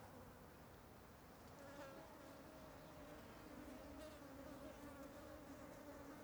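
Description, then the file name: Fly: many flies buzzing in a dense, continuous drone. Ambience of many flies flying over something. "Ambiencia de Muitas Moscas Sobrevoando algo"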